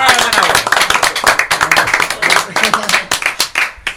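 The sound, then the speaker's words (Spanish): A small group in a studio applauds steadily for several seconds, a loud, dense patter of hand claps with a few voices calling out beneath it. “Venga, aquí nos damos un aplauso, venga, ¡vaya!”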